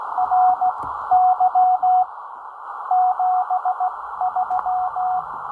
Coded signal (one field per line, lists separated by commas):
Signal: Morse code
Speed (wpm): 15 wpm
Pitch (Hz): 740 Hz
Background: radio noise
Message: RY 73